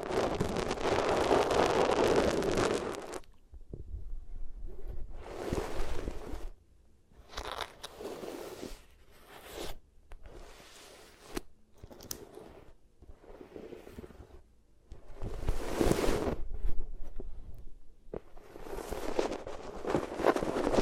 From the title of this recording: Rubbing Your Ears on Different Materials